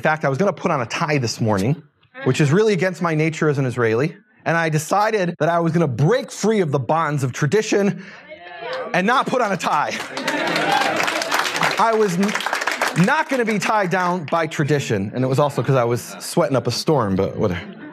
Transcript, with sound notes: In fact, I was going to put on a tie this morning, which is really against my nature as an Israeli, and I decided that I was going to break free of the bonds of tradition and not put on a tie. [applause] I was not going to be tied down by tradition, and it was also because I was sweating up a storm, but whatever.